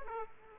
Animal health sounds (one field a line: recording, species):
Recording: mosquito wingbeat signal from an infrared sensor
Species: Aedes aegypti